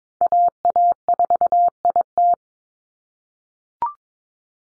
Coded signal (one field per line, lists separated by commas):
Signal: Morse code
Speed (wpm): 22 wpm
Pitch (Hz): 700 Hz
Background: none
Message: AA4IT